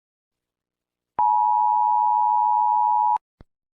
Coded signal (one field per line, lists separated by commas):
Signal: Emergency Alert System (SAME) tones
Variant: 853 and 960 Hz attention tone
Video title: DO NOT MOVE-EAS scenario